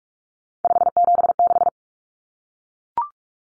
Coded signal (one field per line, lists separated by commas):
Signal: Morse code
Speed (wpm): 44 wpm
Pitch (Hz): 700 Hz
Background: none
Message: 576